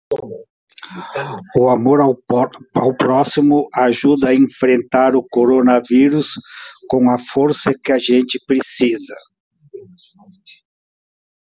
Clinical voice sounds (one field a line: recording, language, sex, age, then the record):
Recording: spoken sentence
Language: Brazilian Portuguese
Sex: male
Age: 70 to 79 years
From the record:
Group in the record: control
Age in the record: 71 years